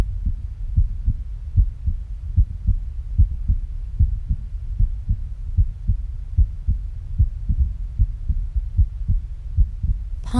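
Steady, deep, muffled thumps repeat at about 75 a minute in a fairly even rhythm, with little else above a low hum. It is a sound-effect heartbeat with a regular resting pace.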